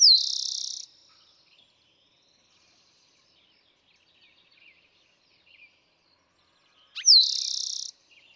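Eastern towhee song: a sharp high note sweeping down into a dense, buzzy trill lasting about a second, given twice roughly seven seconds apart, with faint bird notes between.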